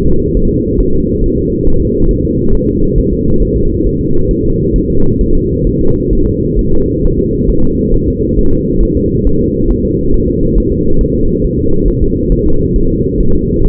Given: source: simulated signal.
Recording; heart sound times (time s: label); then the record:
fetal heart sounds
0.07 s: S2
0.37 s: S1
0.51 s: S2
0.80 s: S1
0.95 s: S2
1.24 s: S1
1.38 s: S2
1.67 s: S1
1.81 s: S2
2.11 s: S1
2.25 s: S2
2.55 s: S1
2.69 s: S2
2.98 s: S1
3.13 s: S2
3.42 s: S1
3.57 s: S2
3.87 s: S1
4.01 s: S2
4.31 s: S1
4.45 s: S2
4.76 s: S1
4.90 s: S2
5.21 s: S1
5.35 s: S2
5.67 s: S1
5.81 s: S2
6.13 s: S1
6.27 s: S2
6.59 s: S1
6.73 s: S2
7.04 s: S1
7.19 s: S2
7.49 s: S1
7.64 s: S2
7.94 s: S1
8.08 s: S2
8.39 s: S1
8.53 s: S2
8.83 s: S1
8.97 s: S2
9.27 s: S1
9.41 s: S2
9.71 s: S1
9.85 s: S2
10.14 s: S1
10.28 s: S2
10.58 s: S1
10.72 s: S2
11.01 s: S1
11.15 s: S2
11.44 s: S1
11.59 s: S2
11.88 s: S1
12.02 s: S2
12.32 s: S1
12.46 s: S2
12.76 s: S1
12.90 s: S2
13.20 s: S1
13.35 s: S2
13.65 s: S1
From the record:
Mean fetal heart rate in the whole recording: 135 bpm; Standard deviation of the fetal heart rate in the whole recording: 3 bpm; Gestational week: 36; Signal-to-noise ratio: -17.7 dB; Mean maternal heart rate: 72 bpm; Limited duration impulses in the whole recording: present